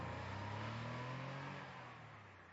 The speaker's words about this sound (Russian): Пронзительно взвизгнув шинами, автомобиль сорвался с места.